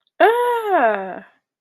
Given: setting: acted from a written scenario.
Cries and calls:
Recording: vocal sound without words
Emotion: positive surprise

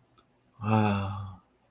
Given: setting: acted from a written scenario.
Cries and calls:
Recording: vocal sound without words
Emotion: serenity

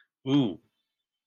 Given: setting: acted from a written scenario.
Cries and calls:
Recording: vocal sound without words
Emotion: embarrassment

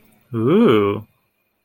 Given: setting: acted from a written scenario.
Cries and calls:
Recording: vocal sound without words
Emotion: desire

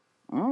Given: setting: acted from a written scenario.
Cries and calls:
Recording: vocal sound without words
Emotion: confusion

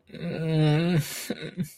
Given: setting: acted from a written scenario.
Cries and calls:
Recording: vocal sound without words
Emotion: distress

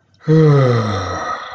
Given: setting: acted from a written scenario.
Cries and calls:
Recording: vocal sound without words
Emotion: ecstasy

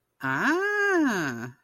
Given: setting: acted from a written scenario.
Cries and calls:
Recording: vocal sound without words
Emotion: realization

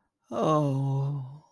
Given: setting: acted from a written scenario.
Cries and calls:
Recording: vocal sound without words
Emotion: sympathy

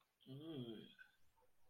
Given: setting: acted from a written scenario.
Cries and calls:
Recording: vocal sound without words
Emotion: disgust

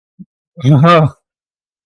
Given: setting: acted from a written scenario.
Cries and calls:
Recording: vocal sound without words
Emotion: negative surprise

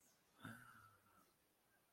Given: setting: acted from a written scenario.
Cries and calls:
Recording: vocal sound without words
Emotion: awe

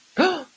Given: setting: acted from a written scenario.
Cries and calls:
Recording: vocal sound without words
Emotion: elation

